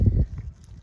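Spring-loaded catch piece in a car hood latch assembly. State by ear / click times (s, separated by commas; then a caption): seated / 0.6 s. A flathead screwdriver pushes the spring-loaded catch piece in a Honda Accord hood latch assembly that won't close. Low rumbling handling noise and faint knocks come first, then a short, sharp click at 0.6 s. The piece clicks down and seats into place.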